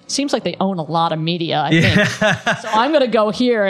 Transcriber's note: chuckle